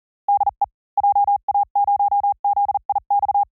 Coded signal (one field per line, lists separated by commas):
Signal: Morse code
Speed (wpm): 40 wpm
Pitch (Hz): 840 Hz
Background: none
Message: DE JA0ZIX